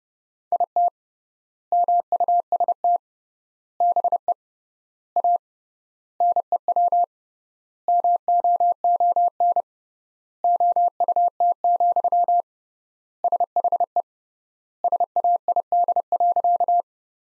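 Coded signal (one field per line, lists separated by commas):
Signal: Morse code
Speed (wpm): 30 wpm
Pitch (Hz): 700 Hz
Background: none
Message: IT MUST BE A NEW MOON OUT, SHE SAID.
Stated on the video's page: Morse practice sentences from the top 500 words at 30 wpm with 3x word spacing, a Farnsworth-like method.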